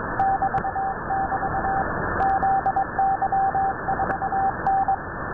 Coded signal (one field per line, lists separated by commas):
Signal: Morse code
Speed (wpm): 23 wpm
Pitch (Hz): 780 Hz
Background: radio noise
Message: <BT><BT> ZY4N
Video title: 6607 KHZ CW 4XZ Numbers stations into Tampa Florida Winradio